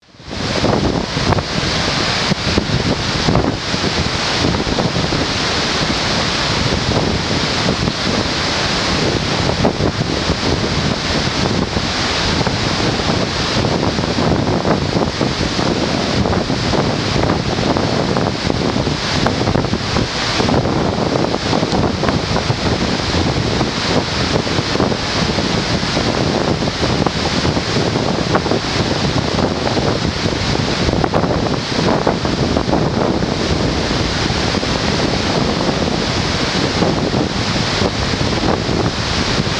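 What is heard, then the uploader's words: Dettifoss waterfall roars in a dense, unbroken wash of rushing water, steady and full from low rumble to bright hiss, with wind buffeting. Dettifoss Waterfall in Iceland. Dettifoss, which is the waterfall in Europe with the most Energy.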